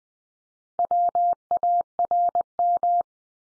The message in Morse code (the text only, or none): WARM